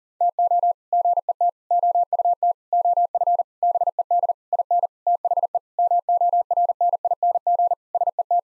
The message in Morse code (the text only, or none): TO GET OUT OF BED IN THE MORNING SET